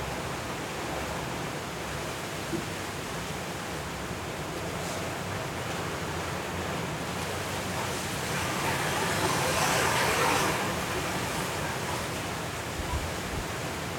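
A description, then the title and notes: Hurricane wind and rain roar in a dense, unbroken wash across low and high tones, with faint city sounds possibly underneath. The rush stays steady, then swells louder and brighter from about eight to eleven seconds before easing back. Hurricane Kay in Los Cabos at Midnight. The hurricane didn't hit the city, but we recorded the sound of the wind, rain and city.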